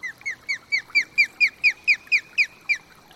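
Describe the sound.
Osprey giving a run of many sharp, whistled cheeps that slur downward, swelling louder midway and then easing off slightly.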